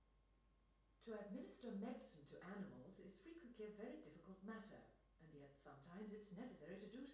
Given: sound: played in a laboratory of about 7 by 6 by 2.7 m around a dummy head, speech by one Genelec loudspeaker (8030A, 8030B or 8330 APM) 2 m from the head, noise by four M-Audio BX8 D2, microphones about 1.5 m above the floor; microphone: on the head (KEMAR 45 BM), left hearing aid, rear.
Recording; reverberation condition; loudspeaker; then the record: female speech in English; medium; 90 degrees to the right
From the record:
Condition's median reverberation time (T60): about 510 ms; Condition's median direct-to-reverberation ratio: about -0.5 dB